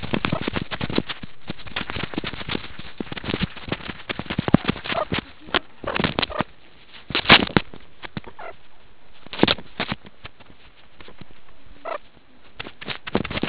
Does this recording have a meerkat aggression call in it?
no